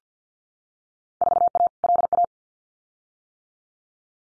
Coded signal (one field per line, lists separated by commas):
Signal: Morse code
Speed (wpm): 50 wpm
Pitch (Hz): 700 Hz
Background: none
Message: 4A LA